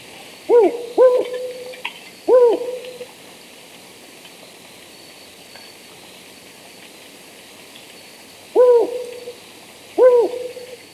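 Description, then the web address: Rufous-banded Owl giving low hoots: a quick pair then a single note, a long pause, and two more hoots near the end. Recorded in Ecuador. "Birds of Ecuador. Rufous-Banded Owl"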